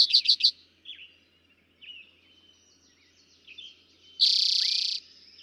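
Eastern towhee song: a quick burst of four bright notes, then a loud buzzy trill a few seconds later, with faint chirps between.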